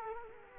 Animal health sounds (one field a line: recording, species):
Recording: mosquito wingbeat signal from an infrared sensor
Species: Culex quinquefasciatus